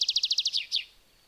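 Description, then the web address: Bird song: a fast series of about eight high, clipped notes, then two slurred descending notes, ending quickly. "madarak enek"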